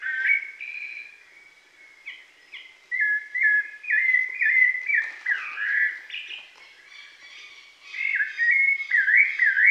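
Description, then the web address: Rufous-bellied thrush song, rich whistled phrases of short slurred notes, rising and falling in quick succession with brief pauses between bursts. Pantanal, Brazil. "sescpantanal. Sabia laranjeira"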